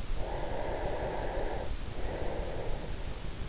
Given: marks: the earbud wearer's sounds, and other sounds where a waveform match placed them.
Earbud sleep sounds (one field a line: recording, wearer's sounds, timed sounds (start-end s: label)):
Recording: sounds in sleep by an in-ear microphone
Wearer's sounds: breath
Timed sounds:
0.26-3.22 s: breath